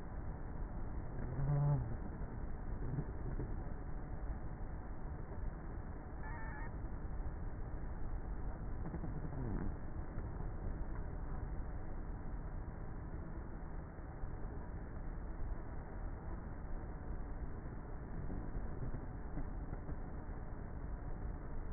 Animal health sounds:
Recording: honeybee colony, microphone inside the hive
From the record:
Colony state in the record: queenless with a low population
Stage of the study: before two queens were removed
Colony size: about 30,000 bees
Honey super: no

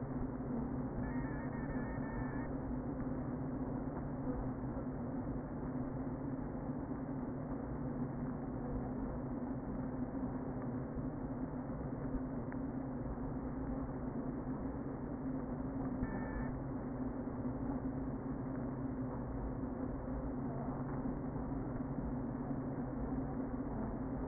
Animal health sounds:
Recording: honeybee colony, microphone inside the hive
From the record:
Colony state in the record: queen present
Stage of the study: before two queens were removed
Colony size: about 60,000 bees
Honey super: yes

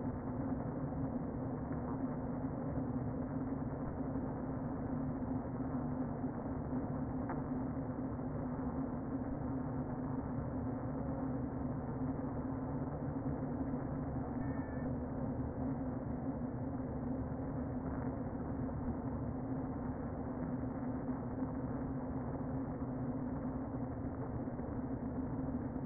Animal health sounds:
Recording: honeybee colony, microphone inside the hive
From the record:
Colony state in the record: queen present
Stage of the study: before two queens were removed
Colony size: about 60,000 bees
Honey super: yes

